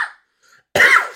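A fading noisy tail is followed, after a short silence, by one abrupt, loud, harsh cough burst from an adult man that trails off over about half a second. It is a single explosive cough with a rough, throaty quality, close up indoors, after breathing in dust while cleaning vents.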